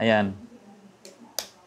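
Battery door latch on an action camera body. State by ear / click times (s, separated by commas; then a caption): seated / 1.4 s. Someone talks, then pushes the battery or side door on a DJI Action 4 action camera body until the latch locks, so it should show no red marking and be fully sealed, since many action cameras get damaged when the door is not properly closed. A faint tap comes at about 1.1 s, followed by a sharp, brief click at 1.4 s as the door locks in place.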